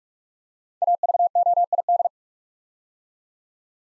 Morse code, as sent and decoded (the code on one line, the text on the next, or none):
.- ...- --- .. -..
AVOID